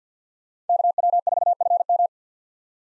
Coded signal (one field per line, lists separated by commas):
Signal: Morse code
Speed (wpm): 50 wpm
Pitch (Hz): 700 Hz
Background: none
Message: KW4FM